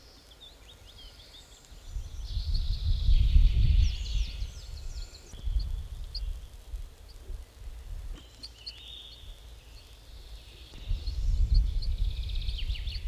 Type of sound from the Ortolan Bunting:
call